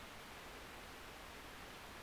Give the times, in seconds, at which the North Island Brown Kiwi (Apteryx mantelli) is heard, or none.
none